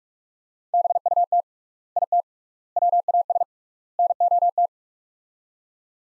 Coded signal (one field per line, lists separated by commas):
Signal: Morse code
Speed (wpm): 43 wpm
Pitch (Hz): 700 Hz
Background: none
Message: BUT IT WAS NOT